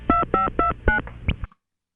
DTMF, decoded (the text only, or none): 2529